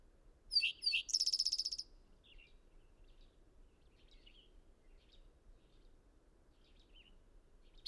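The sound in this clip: Bird song: a phrase of sharp high notes ending in a rattling trill near the start, then mostly faint scattered chirps.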